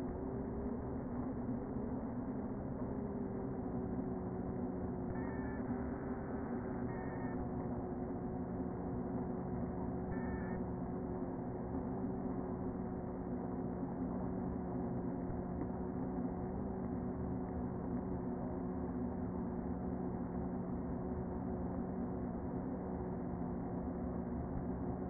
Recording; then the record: honeybee colony, microphone inside the hive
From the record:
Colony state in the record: queen present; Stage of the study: before two queens were removed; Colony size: about 60,000 bees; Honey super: yes